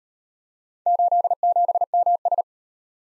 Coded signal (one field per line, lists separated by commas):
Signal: Morse code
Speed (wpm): 38 wpm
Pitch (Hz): 700 Hz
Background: none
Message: 87MS